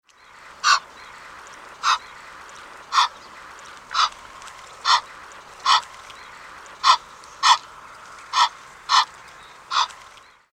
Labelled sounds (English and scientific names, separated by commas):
Egyptian Goose (Alopochen aegyptiaca)